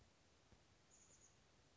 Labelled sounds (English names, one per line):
Chestnut-backed Chickadee